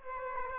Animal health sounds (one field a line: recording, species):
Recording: mosquito wingbeat signal from an infrared sensor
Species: Aedes aegypti